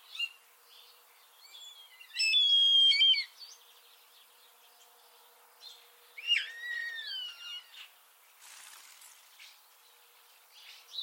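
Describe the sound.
Common starling calls: a whistled phrase, then a cluster of sliding whistles and squeaks, with a rough hissing burst and scattered clicks.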